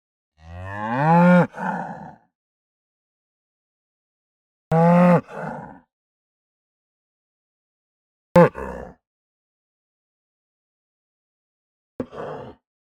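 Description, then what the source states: Cow giving four hoarse moos a few seconds apart, the first two long and strained with rough endings, the later ones shorter and clipped, silence between. Aggressive cow moo.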